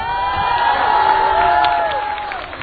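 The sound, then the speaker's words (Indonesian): An audience at a sermon cheers and whoops loudly, with high rising shouts over a dense wash of clapping that holds steady throughout and tapers slightly at the end. “Yang tepuk tangan ketahuan miskin semua.”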